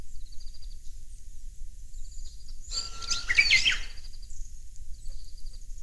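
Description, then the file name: Japanese bush warbler song: a long, steady whistled note followed by a quick, rising and falling flourish, with faint high chirps of other birds and a low hum throughout. "ウグイス音声"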